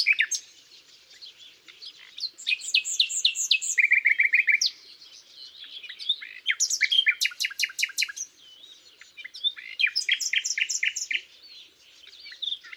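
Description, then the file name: Common nightingale song: loud phrases of rapidly repeated notes, rattles and sharp chips, each burst separated by short quiet gaps. "Luscinia megarhynchos"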